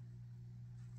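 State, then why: Not seated. A metal swivel pendant clasp is pressed closed onto a necklace chain toggle, but only a steady low hum is heard with no sharp snap. The clasp has not snapped shut; it looks closed but is not.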